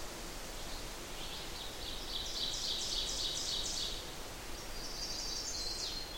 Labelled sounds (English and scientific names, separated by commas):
Ovenbird (Seiurus aurocapilla) song